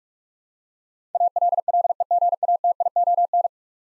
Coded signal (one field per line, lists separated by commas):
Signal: Morse code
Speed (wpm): 45 wpm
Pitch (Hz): 700 Hz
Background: none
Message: ALLEGATION